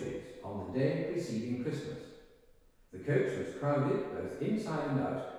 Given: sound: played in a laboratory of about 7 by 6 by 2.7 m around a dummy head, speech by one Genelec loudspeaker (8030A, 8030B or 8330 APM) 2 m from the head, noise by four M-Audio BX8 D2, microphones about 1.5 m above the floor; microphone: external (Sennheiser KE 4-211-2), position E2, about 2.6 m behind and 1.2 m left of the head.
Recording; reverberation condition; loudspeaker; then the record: male speech in English; high; 90 degrees to the left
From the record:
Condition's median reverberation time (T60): about 1300 ms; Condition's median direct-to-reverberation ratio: about -4.0 dB